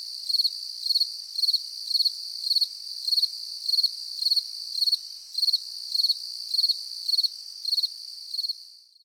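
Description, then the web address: Grasshopper sounding quick pulsed chirps, about fifteen at a steady pace, over a high constant insect buzz that fades out at the end. Summer morning in nature, with insects buzzing and grasshoppers chirping. "latna sutrin sred prirodata zuzene na nasekomi curulikane na skakalci"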